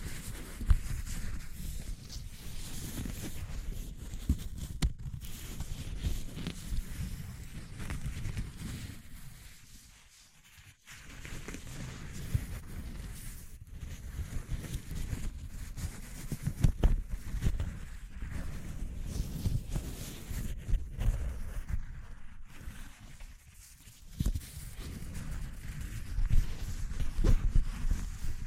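A dense, crackling texture of rustles and sharp clicks over a low rumble runs throughout, dropping to a brief lull around ten seconds.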